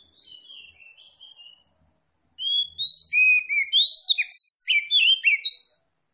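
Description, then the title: Oriental magpie-robin song, a soft warbled phrase followed by a loud, rapid run of varied whistles, slurred notes and sharp chirps. Lively-singing ('gacor') bird from Tretes. "Kacer Tretes"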